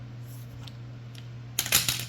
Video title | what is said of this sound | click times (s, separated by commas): Bad Boy Mower oil leak fix | But we'll go ahead and just tighten that up until it clicks off. | 1.6 s